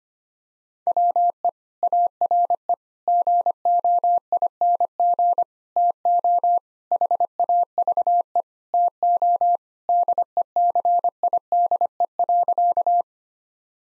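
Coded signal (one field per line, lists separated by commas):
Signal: Morse code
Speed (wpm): 25 wpm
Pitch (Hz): 700 Hz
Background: none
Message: WE ARE GOING TO HAVE TO DECIDE.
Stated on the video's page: Morse code practice at 25 wpm: sentences built from common five-word phrases, sent, spoken, then sent again for head-copy.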